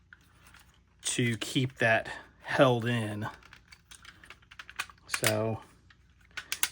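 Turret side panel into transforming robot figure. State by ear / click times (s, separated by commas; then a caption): seated / 6.5 s, 6.6 s. A plastic side panel is pushed into the turret of a Magic Square MS-05 Night Tracer (G1 Onslaught) transforming robot figure while someone talks, with small plastic taps and knocks. It snaps into place with clicks at 6.5 s and 6.6 s, holding solid with no movement, though it may need moving up and adjusting a little.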